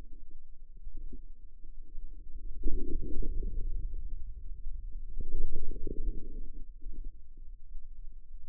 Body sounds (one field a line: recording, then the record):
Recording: forearm muscle sounds (acoustic myography)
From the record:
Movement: inward rotation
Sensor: system 2, bracelet of six BSWA MPA416 microphones around the upper forearm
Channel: 6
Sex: female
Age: 25 years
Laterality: right